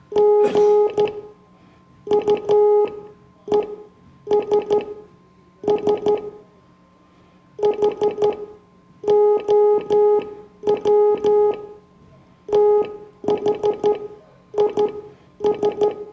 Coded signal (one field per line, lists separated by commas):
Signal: Morse code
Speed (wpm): 13 wpm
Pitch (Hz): 420 Hz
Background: none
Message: GUESS HOW THIS